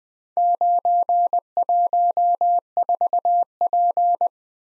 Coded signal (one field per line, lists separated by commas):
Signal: Morse code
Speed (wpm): 20 wpm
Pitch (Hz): 700 Hz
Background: none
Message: 914P